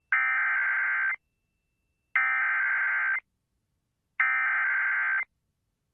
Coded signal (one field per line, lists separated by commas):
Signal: Emergency Alert System (SAME) tones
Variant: header bursts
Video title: EAS Captures: Dangerous SVR In NW Kansas